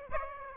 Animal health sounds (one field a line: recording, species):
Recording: mosquito wingbeat signal from an infrared sensor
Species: Aedes aegypti